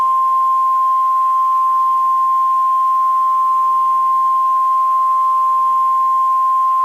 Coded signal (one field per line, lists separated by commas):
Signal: Emergency Alert System (SAME) tones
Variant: 1050 Hz attention tone